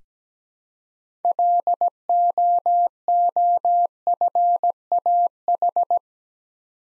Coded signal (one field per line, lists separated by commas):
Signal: Morse code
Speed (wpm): 17 wpm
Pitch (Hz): 700 Hz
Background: none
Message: LOOFAH